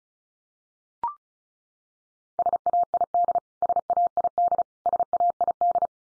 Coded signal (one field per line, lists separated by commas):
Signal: Morse code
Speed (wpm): 34 wpm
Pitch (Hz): 700 Hz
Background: none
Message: SAID SAID SAID